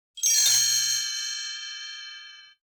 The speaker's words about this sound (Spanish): De pronto, el idilio fue interrumpido por las campanadas de medianoche. ¡Tan! ¡Tan! ¡Tan!